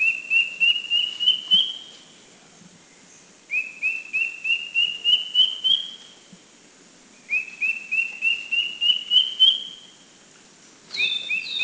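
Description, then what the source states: Philippine drongo-cuckoo giving a rising series of whistled notes, repeated three times with pauses, then a higher call and the start of another series. Recorded at Makiling, Philippines, in 2010.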